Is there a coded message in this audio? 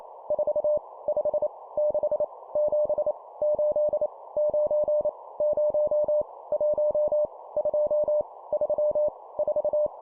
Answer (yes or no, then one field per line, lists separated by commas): yes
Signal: Morse code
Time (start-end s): 0.3-9.9 s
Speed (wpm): 28 wpm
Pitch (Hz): 600 Hz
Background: none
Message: 4 5 6 7 8 9 0 1 2 3 4